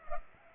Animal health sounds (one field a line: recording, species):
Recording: mosquito wingbeat signal from an infrared sensor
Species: Culex pipiens